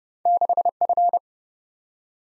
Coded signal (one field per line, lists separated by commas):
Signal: Morse code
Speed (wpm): 32 wpm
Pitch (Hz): 700 Hz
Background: none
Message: 6F